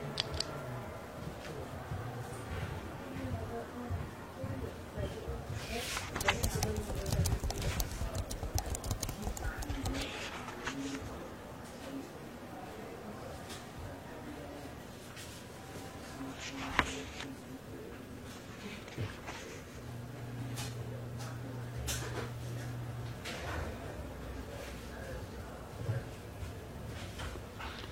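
Library ambience with a steady low murmur of voices and small rustles throughout. Sharp clicks and taps come irregularly, with louder bursts around 6 and 17 seconds, and a brief low steady hum appears from about 20 to 23 seconds.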